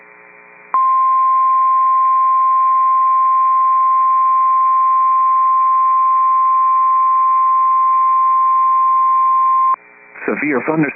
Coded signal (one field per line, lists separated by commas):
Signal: Emergency Alert System (SAME) tones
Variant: 1050 Hz attention tone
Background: speech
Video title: Severe Thunderstorm Watch #576 (8/7/25) [EAS #238]